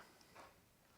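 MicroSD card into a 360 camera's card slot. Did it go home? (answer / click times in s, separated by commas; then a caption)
no / none. A microSD card is handled at the small slot beside the battery of an Insta360 X4 360 camera, with a faint tick at about 0.2 s and a soft brushing rustle around 0.4 s over quiet background noise. Nothing has seated or clicked into the slot yet.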